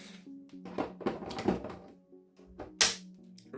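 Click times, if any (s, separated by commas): 2.8 s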